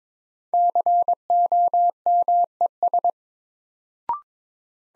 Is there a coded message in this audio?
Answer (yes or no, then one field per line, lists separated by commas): yes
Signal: Morse code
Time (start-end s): 0.5-3.1 s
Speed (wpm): 22 wpm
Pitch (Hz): 700 Hz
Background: none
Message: COMES